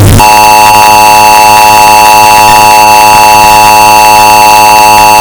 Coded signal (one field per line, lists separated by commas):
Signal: Emergency Alert System (SAME) tones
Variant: 853 and 960 Hz attention tone